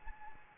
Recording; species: mosquito wingbeat signal from an infrared sensor; Anopheles gambiae